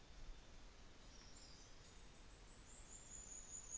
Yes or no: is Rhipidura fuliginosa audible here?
no